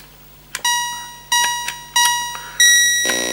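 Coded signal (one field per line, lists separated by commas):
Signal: none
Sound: game music beeps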